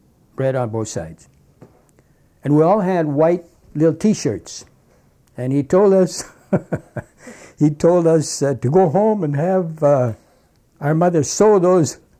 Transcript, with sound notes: Red on both sides. And we all had white little T-shirts. And he told us,, (he laughs) he told us to go home and have our mother sew those